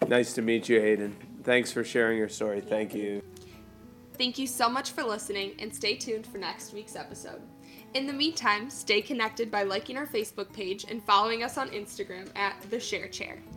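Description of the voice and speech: Clear, fluent adult female speech with steady rate, natural pitch movement and brief pauses; ordinary speech.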